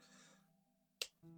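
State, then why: Seated. A card stock tab on a model piece is pressed into its slot on a Star Wars Venator-class Star Destroyer model base and snaps in with a single sharp click at 1.0 s, over a quiet steady hum that gets louder after 1.2 s. The piece is seated, clicking right into place because the other side was squared up.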